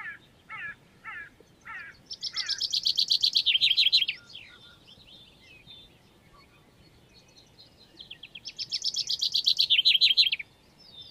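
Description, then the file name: Common chaffinch sings two loud phrases, each a descending rattle of quick notes closing with a flourish, preceded by a few separate short notes. "Fringilla coelebs"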